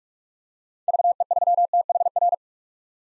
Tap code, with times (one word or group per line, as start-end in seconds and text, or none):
none